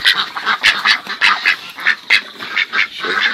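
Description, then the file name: Pekin duck giving a long run of harsh quacks at an uneven pace, one or two per second. "canto do pato de pequim"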